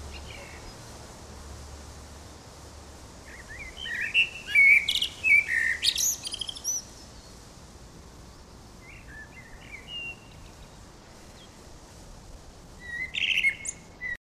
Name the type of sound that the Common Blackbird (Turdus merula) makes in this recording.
song